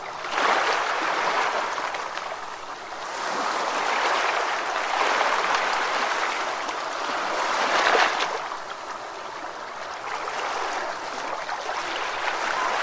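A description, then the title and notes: Ocean waves wash in a steady hiss of surf, swelling around two, five and eight seconds, then easing slightly toward the end. Ocean Waves.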